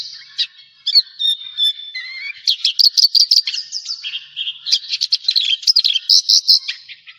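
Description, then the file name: Javan bush lark song, opening with thin drawn-out whistles, then breaking into a fast series of chirps and clicks repeated at an irregular pace. "suara burung branjangan jawa"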